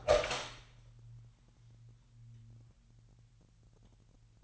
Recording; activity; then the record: daily activity, microphone in the room; open door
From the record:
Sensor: 3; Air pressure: 998.4 hPa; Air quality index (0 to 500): 139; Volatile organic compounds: 4 ppm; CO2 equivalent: 1664 ppm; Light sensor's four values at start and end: 16/47/19/18 and 16/47/19/18